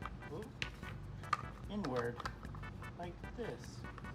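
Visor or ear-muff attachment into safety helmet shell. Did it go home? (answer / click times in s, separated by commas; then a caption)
no / none. A visor or ear-muff arm of a brush-cutter safety helmet is handled and pushed toward its mount on the plastic helmet shell while someone talks over background music, with a few brief sharp taps. The part has not gone home yet, and nothing has seated or clicked.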